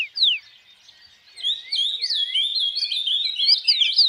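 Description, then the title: Birds singing: a falling whistle, a brief lull, then continuous bright warbling with rising and falling phrases. Birds singing at dawn. "Pássaros Cantando No Amanhecer"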